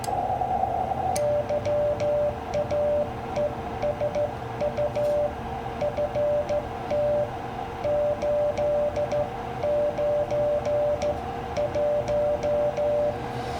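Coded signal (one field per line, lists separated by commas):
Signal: Morse code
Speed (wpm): 13 wpm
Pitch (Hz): 590 Hz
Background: radio noise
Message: YAESU FT 891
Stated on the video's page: CW contact made while band surfing with poor propagation, QRN and QSB, on an FT-891 with a 40-10 meter end fed half wave wire antenna.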